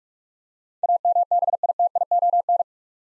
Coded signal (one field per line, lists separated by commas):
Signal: Morse code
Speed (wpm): 44 wpm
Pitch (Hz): 700 Hz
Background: none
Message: AMBITION